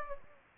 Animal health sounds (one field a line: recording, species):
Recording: mosquito wingbeat signal from an infrared sensor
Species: Anopheles gambiae